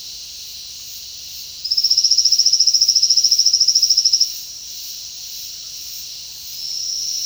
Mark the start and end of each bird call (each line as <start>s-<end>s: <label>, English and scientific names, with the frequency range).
1.64s-4.36s: Trilling Gnatwren (Ramphocaenus melanurus) (3.7-9.1 kHz)